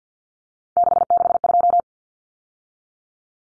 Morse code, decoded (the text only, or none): 662